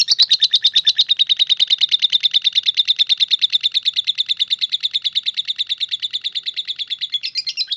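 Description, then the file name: Lovebird song: a long, fast, unbroken chattering trill of buzzy high notes, holding steady pitch and ending with a few squeakier notes. "audio lovebird star melinda omkicau"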